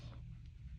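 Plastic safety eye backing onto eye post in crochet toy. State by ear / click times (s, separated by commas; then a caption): not seated / none. A plastic washer backing is handled on the post of a plastic safety eye set through a crocheted toy piece. Only low, steady background noise with faint soft handling is heard, and the backing has not clicked or seated yet.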